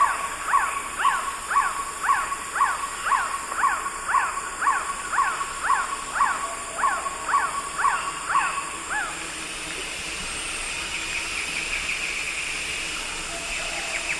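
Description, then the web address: Black-tailed Trogon call: a long, regular series of many mid-pitched notes, about two per second, stopping abruptly. Recorded in the eastern lowlands of South America. "Natures Songs S America Eastern Lowlands Black-tailed Trogon"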